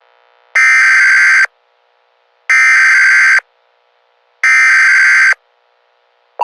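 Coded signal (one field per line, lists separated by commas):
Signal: Emergency Alert System (SAME) tones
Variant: header bursts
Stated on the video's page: Simulated EAS scenario, not a real alert.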